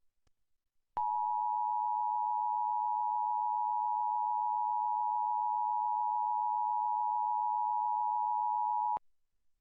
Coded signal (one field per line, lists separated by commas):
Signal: Emergency Alert System (SAME) tones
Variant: 853 and 960 Hz attention tone